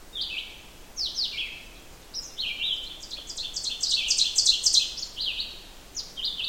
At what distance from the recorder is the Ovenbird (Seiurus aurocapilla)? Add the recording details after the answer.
about 10 m. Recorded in boreal forest in Alberta, Canada, on 14 June 2016 at 08:05. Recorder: SongMeter 3, array SBT-3-33. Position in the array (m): 161 m, 184 m. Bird 46